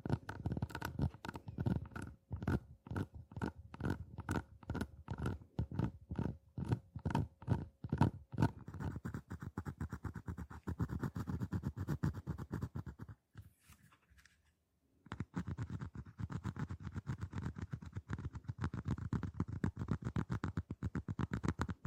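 Scratching on boxes and hollow objects, starting as regular, separate strokes about three per second for the first eight seconds. The strokes then blur into faster, denser rasping, stop for a near-silent gap around thirteen to fifteen seconds, and resume as continuous scratching.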